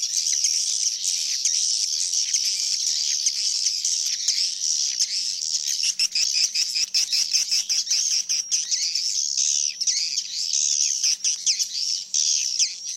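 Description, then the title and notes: Swiftlets giving a steady high twittering chorus with quick chirps, over a soft low hum. Swiftlet sound used in swiftlet farming in Asia. "Swiflet Bird Sound. Farming Swiflet Bird asia sound"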